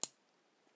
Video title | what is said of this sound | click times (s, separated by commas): The WatchBox Review, Ingersoll Bison No 6 | it snaps right in it's | 0.0 s